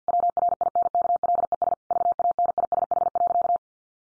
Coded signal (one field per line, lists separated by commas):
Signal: Morse code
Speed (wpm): 50 wpm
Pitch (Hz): 700 Hz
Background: none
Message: WRINKLES VANISH.